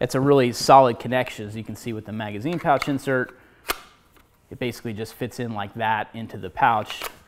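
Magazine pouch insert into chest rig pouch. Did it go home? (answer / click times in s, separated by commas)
no / none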